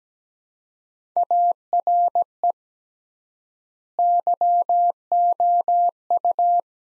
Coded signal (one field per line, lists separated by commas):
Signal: Morse code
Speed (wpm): 17 wpm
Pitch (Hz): 700 Hz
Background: none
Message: ARE YOU